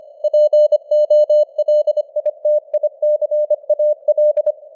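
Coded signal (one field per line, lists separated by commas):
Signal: Morse code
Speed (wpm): 25 wpm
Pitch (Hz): 600 Hz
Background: none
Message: POLITICAL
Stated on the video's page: 25 wpm Morse news headlines with simulated radio noise and varying signal strength (QSB), an experiment.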